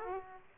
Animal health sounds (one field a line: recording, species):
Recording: mosquito wingbeat signal from an infrared sensor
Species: Aedes aegypti